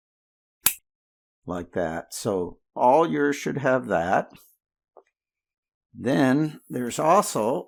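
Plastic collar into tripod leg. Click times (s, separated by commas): 0.7 s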